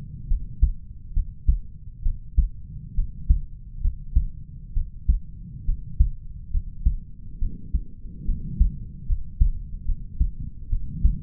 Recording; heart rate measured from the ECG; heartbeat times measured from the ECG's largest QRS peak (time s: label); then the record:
heart sounds by stethoscope; 69 bpm
0.28 s: heartbeat
1.13 s: heartbeat
2.03 s: heartbeat
2.95 s: heartbeat
3.81 s: heartbeat
4.74 s: heartbeat
5.65 s: heartbeat
6.51 s: heartbeat
7.39 s: heartbeat
8.25 s: heartbeat
9.06 s: heartbeat
9.85 s: heartbeat
10.70 s: heartbeat
From the record:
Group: healthy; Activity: rest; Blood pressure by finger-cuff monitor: 102/78 mmHg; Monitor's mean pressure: 86 mmHg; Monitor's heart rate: 69 bpm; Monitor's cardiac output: 4.8 L/min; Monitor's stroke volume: 71 mL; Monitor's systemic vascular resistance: 1310 dyn s/cm5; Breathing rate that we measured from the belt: 22 breaths a minute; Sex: male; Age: 20 years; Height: 187 cm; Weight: 68.9 kg